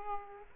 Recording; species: mosquito wingbeat signal from an infrared sensor; Aedes aegypti